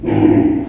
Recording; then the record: squeal of a Yucatan mini pig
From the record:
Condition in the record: before surgery on the right vocal fold (resection and tissue-engineered implant); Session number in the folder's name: 1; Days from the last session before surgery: -21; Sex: female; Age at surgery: 19 weeks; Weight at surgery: 25 kg